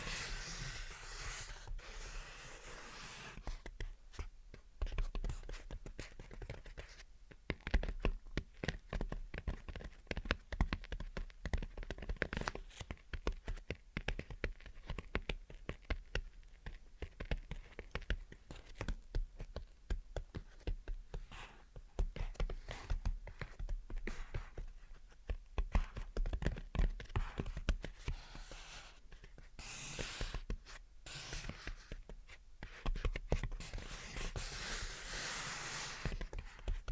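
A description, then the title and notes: Gentle tapping and scratching in quick, dense bursts throughout, crisp and bright, with a few brief pauses and a steady faint hiss underneath. Gentle Tapping and Scratching. (No Talking).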